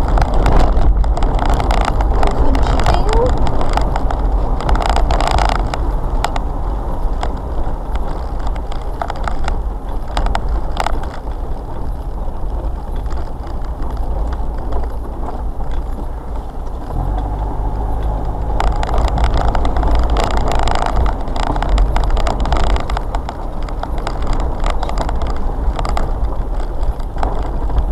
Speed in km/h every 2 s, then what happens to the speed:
42, 42, 40, 34, 26, 21, 19, 23, 24, 29, 32, 31, 27, 23.
4-10 slows to 21. 10-15 steady at about 21. 15-19 speeds up to 32. 22-28 slows to 23.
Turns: 8-15.